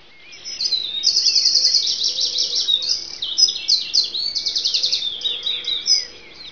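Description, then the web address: Bird chirps: rapid, high twittering notes and quick trills tumbling over one another almost without pause, with a faint lower hum underneath. "特酷声音素材库 动物 鸟 Bird"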